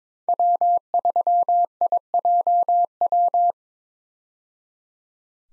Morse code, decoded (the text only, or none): W3IJW